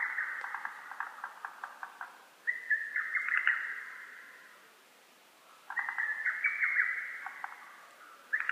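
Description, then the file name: Lesser cuckoo giving a fast series of clipped notes, then two full whistled phrases of staccato notes a few seconds apart, with ringing tails. Recorded on 12 June 2010. "hototogisu-20100612"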